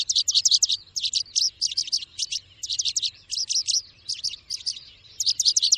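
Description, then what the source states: Bird chirps, high and shrill, in rapid clusters that repeat with short gaps. Bird ringtone, described as having a melodious voice.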